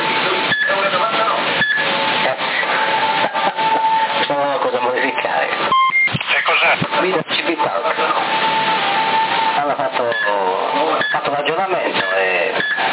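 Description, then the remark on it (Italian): Short, high electronic beeps recur at irregular intervals over band-limited, crackly radio audio full of voices, a CB radio in Sassari, Italy, chirping each time the channel is changed. “quando cambiavo canale faceva il bip, faceva cazzo,”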